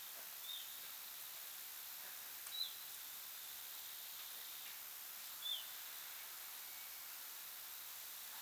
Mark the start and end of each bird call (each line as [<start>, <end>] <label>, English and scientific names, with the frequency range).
[0.42, 0.65] Little Ringed Plover (Charadrius dubius) (3.1-4.0 kHz)
[2.51, 2.74] Little Ringed Plover (Charadrius dubius) (3.3-4.5 kHz)
[5.41, 5.64] Little Ringed Plover (Charadrius dubius) (2.9-4.2 kHz)